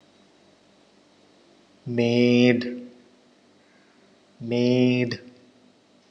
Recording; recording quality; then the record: sustained vowel as in made; moderate, slight background noise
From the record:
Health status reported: healthy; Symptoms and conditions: none ticked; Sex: male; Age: 27 years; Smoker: yes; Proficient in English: yes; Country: India